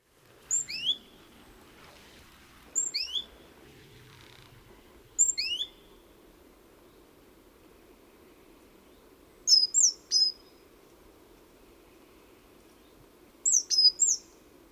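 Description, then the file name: Great tit calling: first three quick downward-sweeping high notes about two and a half seconds apart, then clipped bursts of two or three sharp high notes, over a low steady hum. "Parus major"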